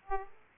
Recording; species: mosquito wingbeat signal from an infrared sensor; Aedes aegypti